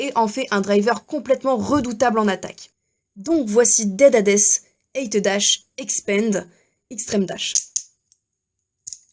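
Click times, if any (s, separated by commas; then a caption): 7.8 s, 8.9 s. Someone talks, then a plastic Beyblade Burst GT spinning top, Dead Hades 8 Dash Expand Extreme Dash, has its layer twisted onto the driver, which ratchets with clicks at 7.8 s and 8.9 s. The clicks are not especially good, but the driver adds real resistance, and the layer locks into place on the driver.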